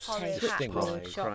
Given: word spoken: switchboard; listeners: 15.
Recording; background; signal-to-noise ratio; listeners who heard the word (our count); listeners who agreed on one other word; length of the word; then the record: one English word in noise, from a listening test; four-talker babble; -2.8 dB; 0 of 15; 6 of 15; 0.95 s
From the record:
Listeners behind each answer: 6, 4, 1, 1, 1, 1, 1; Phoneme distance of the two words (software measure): 58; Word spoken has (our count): 2 syllables, 7 phonemes, stress on syllable 1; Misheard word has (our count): 1 syllable, 3 phonemes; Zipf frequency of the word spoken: 2.67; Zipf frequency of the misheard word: 4.76